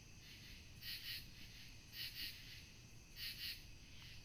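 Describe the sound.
Cricket chirping: soft double-pulsed trills repeated about every 1.2 seconds, each pair of pulses quick and even, over a low steady background hiss and rumble.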